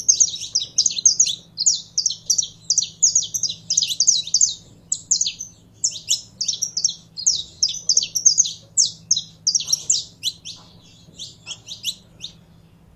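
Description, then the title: Belgian canary song of quick repeated twitters and rolling trills, delivered in dense bursts with short gaps, low background hum throughout. Song of a purebred Belgian canary. "Canto Do Canário Belga Puro"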